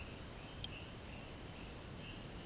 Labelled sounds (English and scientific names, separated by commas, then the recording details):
none
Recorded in pastures near Puerto Asís, Putumayo, Colombia, on 22 June 2025 at 15:30
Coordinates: 0.472, -76.331
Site G095